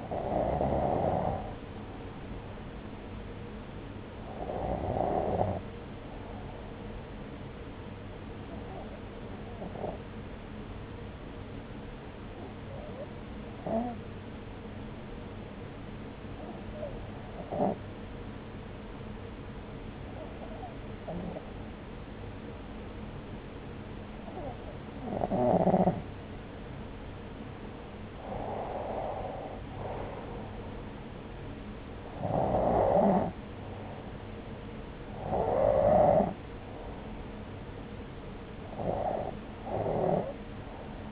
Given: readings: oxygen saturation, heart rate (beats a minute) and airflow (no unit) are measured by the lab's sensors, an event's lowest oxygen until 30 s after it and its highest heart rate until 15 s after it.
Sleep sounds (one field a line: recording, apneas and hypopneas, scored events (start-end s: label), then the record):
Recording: breathing in sleep by a voice recorder at the bedside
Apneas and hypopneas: none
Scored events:
none scored
From the record:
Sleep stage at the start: N2 (light sleep)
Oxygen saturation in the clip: 94 to 96%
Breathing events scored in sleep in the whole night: 303 in 8.1 hours asleep